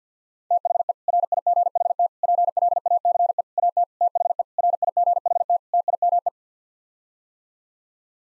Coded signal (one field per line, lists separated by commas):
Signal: Morse code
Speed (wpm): 50 wpm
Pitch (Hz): 700 Hz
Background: none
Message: THE RIGHT PLACE AT THE RIGHT TIME